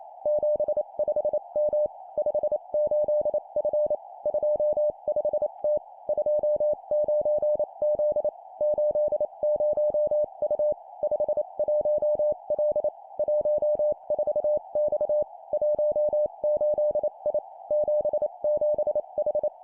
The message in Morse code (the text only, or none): 75M 58F 25T 29Z 80U 51L 14X 18I 77H